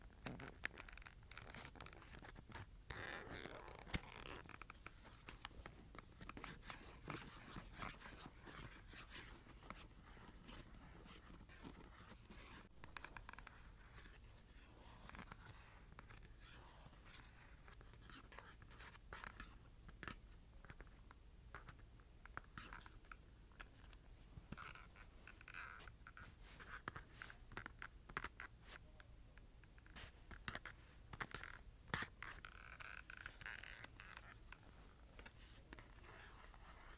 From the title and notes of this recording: ASMR Scratching and Tapping Cardboard.